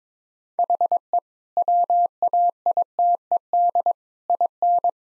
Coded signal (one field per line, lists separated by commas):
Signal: Morse code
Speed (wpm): 22 wpm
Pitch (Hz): 700 Hz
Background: none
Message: HE WAITED IN